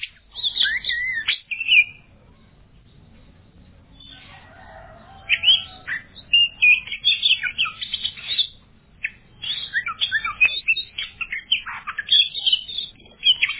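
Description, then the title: Oriental magpie-robin song, a long run of varied whistles, chirps and quick phrases in bursts with short pauses. "Kacer"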